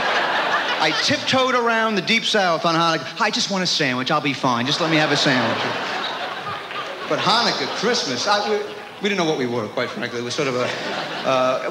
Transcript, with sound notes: I tiptoed around the Deep South on Hanukkah. Hi. I just want a sandwich. I'll be fine. Just let me have a sandwich.
(LAUGHTER)
But Hanukkah, Christmas - we didn't know what we were, quite frankly. It was sort of a